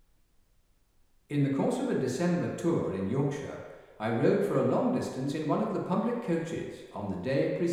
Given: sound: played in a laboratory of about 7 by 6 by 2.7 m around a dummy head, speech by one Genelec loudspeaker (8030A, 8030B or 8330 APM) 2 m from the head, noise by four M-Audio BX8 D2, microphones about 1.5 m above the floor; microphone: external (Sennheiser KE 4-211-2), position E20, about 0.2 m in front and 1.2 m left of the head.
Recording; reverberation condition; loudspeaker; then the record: male speech in English; high; 120 degrees to the left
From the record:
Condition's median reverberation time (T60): about 1300 ms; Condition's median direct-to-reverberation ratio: about -4.0 dB